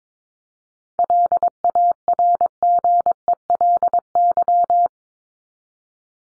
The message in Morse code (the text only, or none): LARGELY